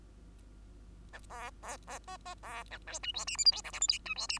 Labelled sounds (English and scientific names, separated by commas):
Bengalese Finch (Lonchura striata domestica) song